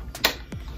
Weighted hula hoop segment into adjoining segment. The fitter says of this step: here we go you heard that click all